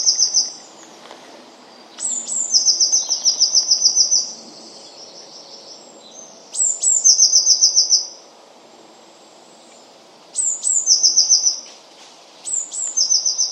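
Eurasian blue tit calls: two thin high notes then a fast, even trill of bright ticks, repeated several times with pauses of a few seconds, over faint hiss.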